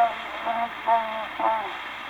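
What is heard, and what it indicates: Three short, murmured voiced bursts, about one every half second, rise out of a thin, hissy old recording: a snore that slides into mumbling, as if talking in sleep. It is a comic imitation of a conversational snore, type 3B, the "conversational or troubled conscience" variety, by an adult imitating a sleeper.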